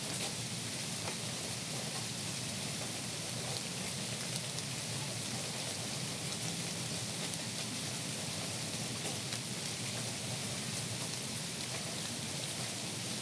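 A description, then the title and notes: Rain falls steadily on the leaves of a pear tree, a dense, even hiss that stays bright and unbroken for the whole stretch. Countless fine drop patters blend together with no pauses, over a soft low rumble underneath. The sound of rain on the leaves of a Bradford pear tree captured through an open window in Upstate SC during an early October 2020 wet patch. Rain on Pear Leaves.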